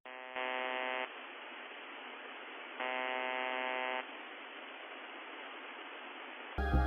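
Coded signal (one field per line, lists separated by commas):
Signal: numbers station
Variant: UVB-76 (The Buzzer)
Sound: radio hiss with two harsh, low, roughly one-second buzzes, then music begins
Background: radio static, music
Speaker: And then we have perhaps the king of all number station mysteries, UVB-76, also known as The Buzzer. For decades, listeners around the world heard this signal.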